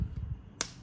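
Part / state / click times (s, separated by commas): cap onto lip balm stick tube / seated / 0.6 s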